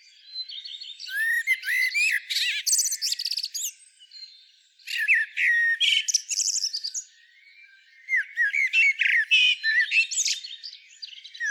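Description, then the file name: Common blackbird singing three phrases of mellow warbled notes that break into shrill chattering twitters, with short pauses between phrases. "Turdus merula"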